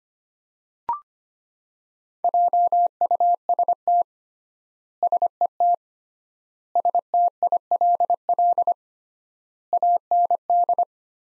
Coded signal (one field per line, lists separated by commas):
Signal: Morse code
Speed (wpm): 25 wpm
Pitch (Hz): 700 Hz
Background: none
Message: JUST SET STILL AND